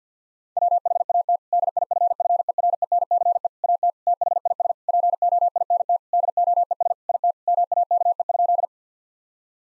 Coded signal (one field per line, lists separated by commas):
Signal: Morse code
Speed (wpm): 50 wpm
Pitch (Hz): 700 Hz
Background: none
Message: WHAT DIFFERENCE AT THIS POINT DOES IT MAKE?